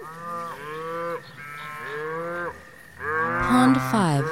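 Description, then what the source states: Cow: cattle lowing in quick succession, overlapping harmonic moos, a louder call with a sharp higher cry near the end. Cows grazing in pasture.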